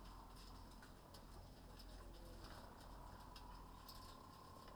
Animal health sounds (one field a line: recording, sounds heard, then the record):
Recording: poultry house recording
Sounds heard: healthy chickens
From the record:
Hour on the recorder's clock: 19